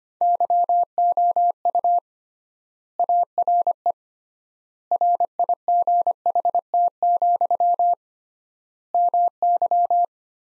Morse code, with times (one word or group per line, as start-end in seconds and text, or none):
0.2-2.0 YOU
3.0-3.9 ARE
4.9-7.9 RIGHT,
8.9-10.0 MY